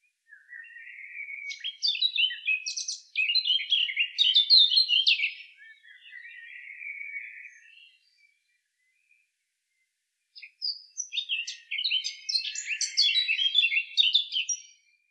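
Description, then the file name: Eurasian blackcap song: a rapid, scratchy warbling of varied twittering notes, a quieter chattering passage, a pause near eight seconds, then another bright jumbled burst. "Sylvia atricapilla"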